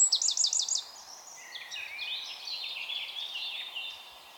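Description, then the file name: Eurasian wren singing a quick, high repeated trill that runs into a softer, tumbling stream of warbled notes. "Troglodytes troglodytes"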